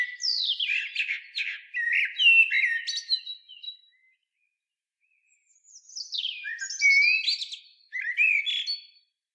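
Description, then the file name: Common blackbird pouring out fluty, descending notes and chattery high elements in two phrases split by a pause of about one and a half seconds. "Turdus merula"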